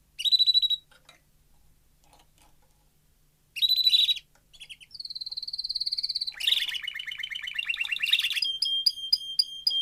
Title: Canary Training Esquente Seu Filhote E Canario Belga Macho Cantando Muito